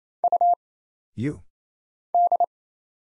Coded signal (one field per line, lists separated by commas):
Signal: Morse code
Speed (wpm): 29 wpm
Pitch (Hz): 700 Hz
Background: none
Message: U D